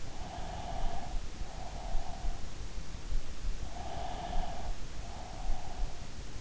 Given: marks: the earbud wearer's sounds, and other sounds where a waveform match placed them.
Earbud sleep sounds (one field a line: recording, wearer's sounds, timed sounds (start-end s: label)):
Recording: sounds in sleep by an in-ear microphone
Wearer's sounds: breath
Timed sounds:
0.32-2.69 s: breath
3.63-6.11 s: breath